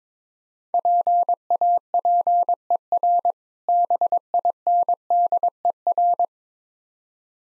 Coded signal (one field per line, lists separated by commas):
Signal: Morse code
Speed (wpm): 22 wpm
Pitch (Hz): 700 Hz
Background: none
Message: PAPER BINDER